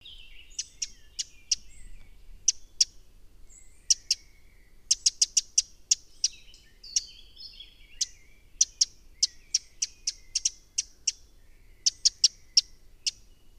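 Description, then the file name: Eurasian wren calls: sharp, dry ticking notes given singly and in quick clusters, with a few short buzzy, slurred notes between them. Background otherwise quiet. "Troglodytes troglodytes"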